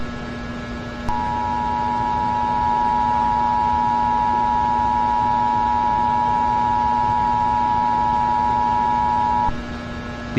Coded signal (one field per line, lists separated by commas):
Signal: Emergency Alert System (SAME) tones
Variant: 853 and 960 Hz attention tone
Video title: Scary EAS interruption!